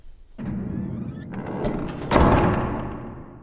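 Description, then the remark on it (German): A heavy oak door swings with a low rumbling scrape, then falls shut into its lock behind a state secretary with a deep, loud thud and latch clunk that slowly dies away. “Die schwere eicherne Tür fällt hinter dem Staatssekretär in ihr Schloss.”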